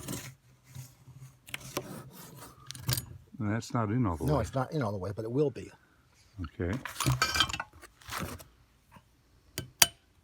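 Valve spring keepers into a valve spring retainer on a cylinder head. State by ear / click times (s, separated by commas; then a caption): seated / 9.8 s. During a diesel cylinder head rebuild, a valve spring is compressed and released slowly so the small steel valve keepers lock into the valve spring retainer, with small metallic clinks and taps and someone talking. A sharp metallic snap at 9.8 s marks the keepers seating in place.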